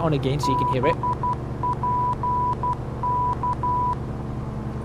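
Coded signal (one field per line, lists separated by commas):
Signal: Morse code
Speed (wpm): 12 wpm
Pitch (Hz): 990 Hz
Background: speech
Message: BPK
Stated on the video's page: Flight simulator tutorial in which VOR stations and an NDB are tuned in during a cross-country IFR flight.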